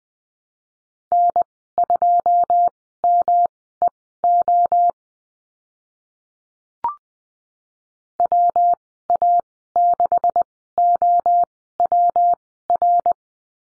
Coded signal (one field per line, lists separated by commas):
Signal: Morse code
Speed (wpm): 19 wpm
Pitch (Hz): 700 Hz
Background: none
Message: N2MEO WA6OWR